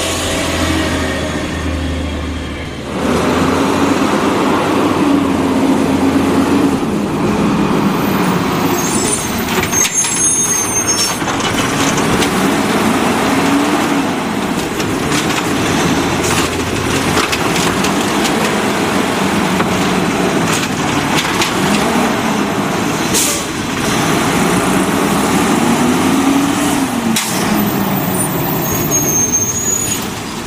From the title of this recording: Garbage Trucks